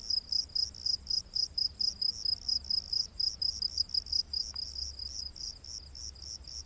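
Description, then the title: Cricket chirps, shrill and high, pulsing in a rapid series and fading slightly toward the end. Rainforest at night. "Crickets of the Rainforest"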